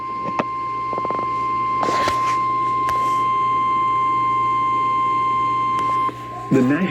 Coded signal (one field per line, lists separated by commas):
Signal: Emergency Alert System (SAME) tones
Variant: 1050 Hz attention tone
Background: speech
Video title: The Flood Bowl of Alerts | EAS's #808-862 from July 14th, 2025.